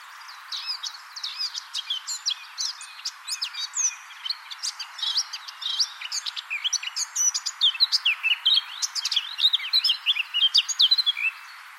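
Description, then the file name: Eurasian blackcap warbling song, a fast continuous stream of varied high chirps and twittering notes that grows louder and denser toward the end. "Sylvia atricapilla"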